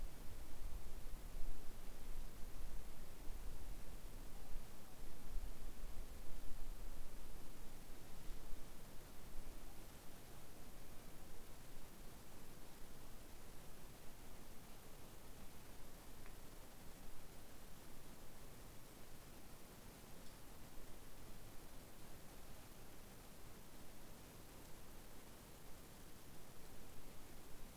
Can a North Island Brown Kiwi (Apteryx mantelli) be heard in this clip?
no